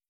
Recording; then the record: hydrophone in a shrimp aquaculture tank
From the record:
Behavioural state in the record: starved